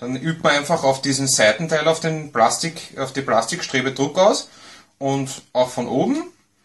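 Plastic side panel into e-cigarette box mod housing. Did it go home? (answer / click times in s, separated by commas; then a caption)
no / none. Pressure is applied from above to a plastic side panel being pressed into the housing of a DBM30 v1 e-cigarette box mod while someone talks throughout. The panel is still being handled and nothing has seated or clicked yet.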